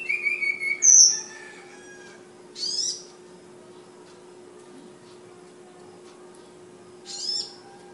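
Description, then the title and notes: Flowerpecker song: a few sharp high whistled notes and thin squeaks, separated by pauses of several seconds, over a constant low hum. Bird named Ababil, from Kudus; local names tledekan and sulingan. "Tledekan/Sulingan ABABIL. Suara Burung Tledekan Ababil dari Kudus"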